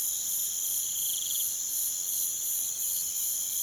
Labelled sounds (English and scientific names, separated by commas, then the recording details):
none
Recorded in pastures near Puerto Asís, Putumayo, Colombia, on 23 June 2025 at 05:00
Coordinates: 0.486, -76.323
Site H29